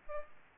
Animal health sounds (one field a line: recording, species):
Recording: mosquito wingbeat signal from an infrared sensor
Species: Culex pipiens